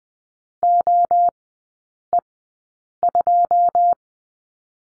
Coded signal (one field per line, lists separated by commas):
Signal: Morse code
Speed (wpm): 20 wpm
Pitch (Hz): 700 Hz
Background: none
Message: OE2